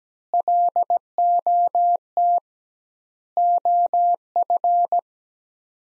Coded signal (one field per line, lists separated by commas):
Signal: Morse code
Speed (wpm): 17 wpm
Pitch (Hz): 700 Hz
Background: none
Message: LOT OF